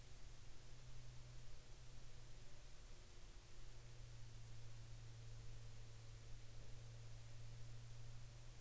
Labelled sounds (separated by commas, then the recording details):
aircraft
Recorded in the Prudhoe Bay oil fields, Alaska, on 20 May 2021 at 17:22
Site 13